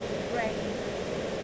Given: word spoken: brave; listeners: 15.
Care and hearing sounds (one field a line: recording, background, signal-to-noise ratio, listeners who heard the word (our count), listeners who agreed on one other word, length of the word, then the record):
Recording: one English word in noise, from a listening test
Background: speech-shaped noise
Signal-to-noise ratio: -4.9 dB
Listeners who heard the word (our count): 2 of 15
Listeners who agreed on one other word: 6 of 15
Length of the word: 1.03 s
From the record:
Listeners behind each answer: 6, 5, 2, 1, 1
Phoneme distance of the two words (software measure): 10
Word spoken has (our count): 1 syllable, 4 phonemes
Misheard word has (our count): 1 syllable, 4 phonemes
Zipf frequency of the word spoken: 4.64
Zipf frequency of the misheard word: 4.84